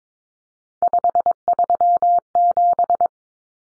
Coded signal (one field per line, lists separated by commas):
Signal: Morse code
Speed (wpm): 22 wpm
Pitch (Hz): 700 Hz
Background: none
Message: 537